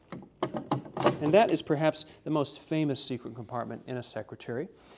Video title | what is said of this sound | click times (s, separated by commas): French Antique Secretary Desks with Secret Compartments: Louis Philippe Period Furniture! | but anyway to reinsert the secret drawer all you do is push it back until you hear a reassuring click | 0.7 s